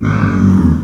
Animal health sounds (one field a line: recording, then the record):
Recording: squeal of a Yucatan mini pig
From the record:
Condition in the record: after surgery on the right vocal fold (resection and tissue-engineered implant)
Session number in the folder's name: 13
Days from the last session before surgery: 113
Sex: female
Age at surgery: 19 weeks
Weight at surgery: 25 kg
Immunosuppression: prednisolone